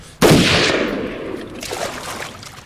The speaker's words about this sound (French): Tout se passa très vite. La détonation fit un bruit d'explosion dans le silence de la forêt.